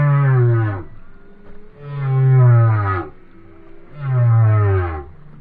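Whale song: three deep, drawn-out moans about two seconds apart, each swelling and then sliding lower in pitch.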